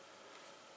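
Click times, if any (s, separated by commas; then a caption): none. While reassembling an Acer Switch Alpha 12 tablet, the plastic back cover's edges are worked into place against the tablet case frame, pressing toward its clip. Only a quiet, steady hiss with faint rubbing is heard, swelling slightly around 0.4–0.5 s. Nothing has seated or clicked yet.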